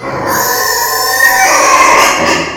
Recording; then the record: squeal of a Yucatan mini pig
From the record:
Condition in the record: before surgery on the right vocal fold (resection and tissue-engineered implant); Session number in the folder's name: 2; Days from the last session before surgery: 0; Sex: male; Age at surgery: 12 weeks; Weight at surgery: 13 kg